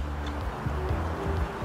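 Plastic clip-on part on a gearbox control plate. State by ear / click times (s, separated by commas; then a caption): not seated / none. A plastic clip-on part is being handled on the control plate of a Mercedes automatic gearbox during reassembly. A steady low hum with faint handling noises is heard. Nothing has seated or clicked yet.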